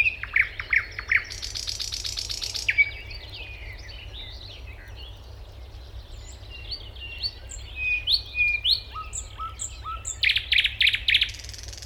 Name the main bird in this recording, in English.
Thrush Nightingale